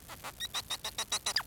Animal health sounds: song of a male Bengalese finch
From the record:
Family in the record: son of father 4

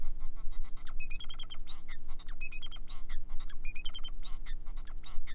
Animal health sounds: song of a male Bengalese finch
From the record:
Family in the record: son of father 4

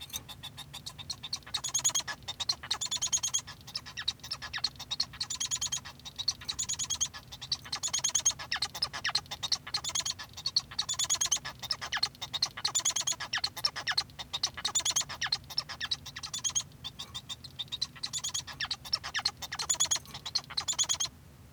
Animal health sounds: song of a male Bengalese finch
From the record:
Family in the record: son of father 1

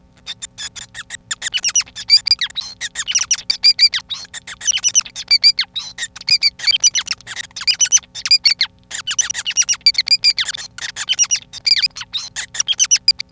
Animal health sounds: song of a male Bengalese finch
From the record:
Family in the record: son of father 5

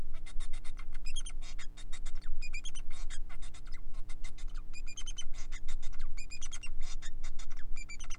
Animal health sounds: song of a male Bengalese finch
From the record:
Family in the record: son of father 4

